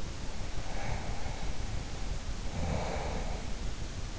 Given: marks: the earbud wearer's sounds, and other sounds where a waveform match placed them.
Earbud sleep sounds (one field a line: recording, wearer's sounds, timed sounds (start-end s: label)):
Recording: sounds in sleep by an in-ear microphone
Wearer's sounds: breath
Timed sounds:
0.52-3.54 s: breath